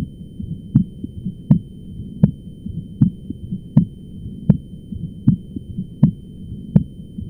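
Regular low heart sounds near 80 beats a minute in an adult, the second heart sound split into two close components (split S2).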